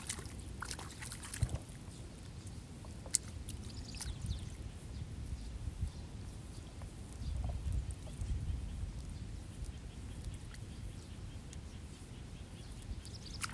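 Sparrows chirp busily over a rice paddy, their short bright calls scattered throughout, busiest in the first few seconds. Beneath them runs a steady low rumble of water and movement, swelling around the seventh to ninth second, with a few sharp splashes or knocks.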